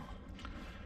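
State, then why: Not seated. A headlight assembly on a Ram Promaster van is handled and pushed back toward its front-end mount during a headlight-problem fix. Steady low rumbling and scraping handling noise runs throughout, with one brief sharper knock at about 0.5 s. Nothing has seated or snapped into place yet.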